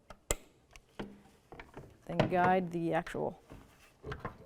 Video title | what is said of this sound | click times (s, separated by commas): How to Replace Lower Taillight 2001-2007 Volvo V70 | right into that connector until you hear the click | 0.3 s